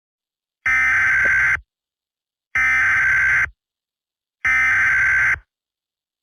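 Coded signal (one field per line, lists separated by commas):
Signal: Emergency Alert System (SAME) tones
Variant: header bursts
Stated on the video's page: Simulated EAS scenario.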